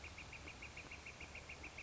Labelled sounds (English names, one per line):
Northern Flicker